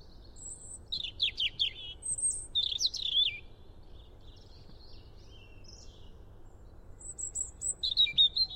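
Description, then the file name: European robin song with separated phrases: high squeaky notes and descending twitters, a quiet stretch in the middle, then more thin high notes and a warbled phrase at the end. "Erithacus rubecula"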